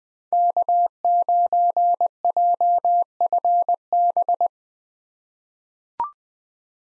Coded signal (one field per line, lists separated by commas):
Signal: Morse code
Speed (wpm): 21 wpm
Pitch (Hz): 700 Hz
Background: none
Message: K9JFB